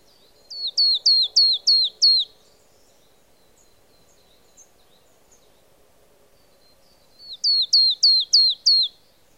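Marsh tit: two quick strings of six high, sharply falling notes, separated by roughly five seconds of near silence and a soft low hum.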